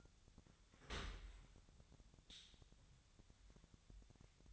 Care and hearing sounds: daily activity, microphone in the room; open dishwasher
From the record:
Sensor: 3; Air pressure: 1006.8 hPa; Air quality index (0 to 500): 207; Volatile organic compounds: 19 ppm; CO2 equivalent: 2642 ppm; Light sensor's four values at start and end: 11/25/10/10 and 11/25/10/10

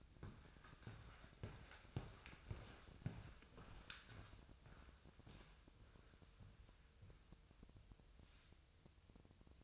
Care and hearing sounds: daily activity, microphone in the room; walk to room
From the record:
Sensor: 2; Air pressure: 999.3 hPa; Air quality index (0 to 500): 194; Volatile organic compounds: 26 ppm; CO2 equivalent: 2876 ppm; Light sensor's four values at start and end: 7/16/6/6 and 7/16/6/6

